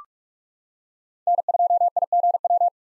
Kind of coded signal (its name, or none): Morse code